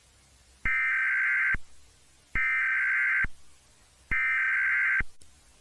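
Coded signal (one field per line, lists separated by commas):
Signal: Emergency Alert System (SAME) tones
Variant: header bursts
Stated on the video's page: Fictional EAS scenario; may include valid alert tones.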